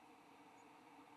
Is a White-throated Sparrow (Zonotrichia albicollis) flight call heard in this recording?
no